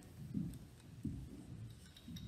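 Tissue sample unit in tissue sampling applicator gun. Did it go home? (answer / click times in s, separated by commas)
no / none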